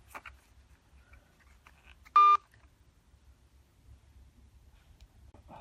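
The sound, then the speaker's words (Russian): A single brief, loud electronic telephone tone sounds once, sharp and buzzy, against an otherwise quiet background with a low steady rumble and a few faint clicks. “Чё трубку не берете?”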